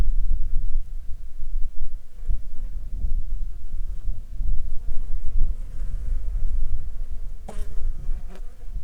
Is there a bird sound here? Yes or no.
no